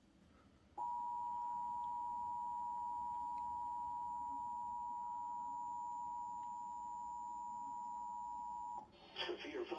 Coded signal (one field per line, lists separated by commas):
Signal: Emergency Alert System (SAME) tones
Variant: 853 and 960 Hz attention tone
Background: speech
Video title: EAS- VEF Severe Thunderstorm Warning (SVR) On WXM66 and KATJ-FM/ TV